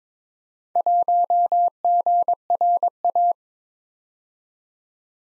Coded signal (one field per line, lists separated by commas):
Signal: Morse code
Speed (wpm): 22 wpm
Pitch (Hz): 700 Hz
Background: none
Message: 1GRA